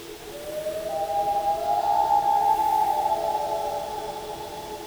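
Loon wail: a long, mellow note that rises and then holds steady over sustained low droning tones.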